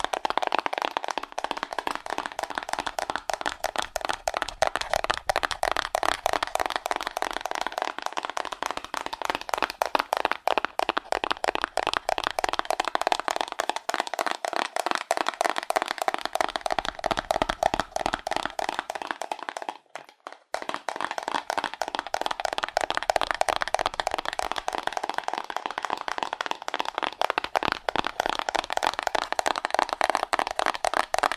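Fast, aggressive tapping on cardboard, a dense stream of sharp dry taps that barely pauses for about thirty seconds. The hits sound papery, bright in the middle range with little low thump, and a brief gap comes near twenty seconds.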